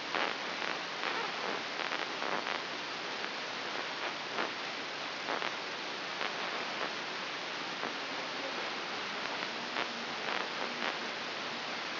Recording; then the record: brain microelectrode recording played as sound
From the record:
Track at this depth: inside the subthalamic nucleus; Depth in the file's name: 6.508 mm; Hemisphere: left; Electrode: 3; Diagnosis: Parkinson's disease